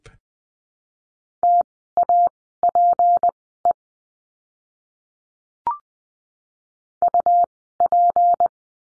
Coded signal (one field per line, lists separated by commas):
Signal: Morse code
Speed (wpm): 20 wpm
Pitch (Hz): 700 Hz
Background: none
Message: TAPE UP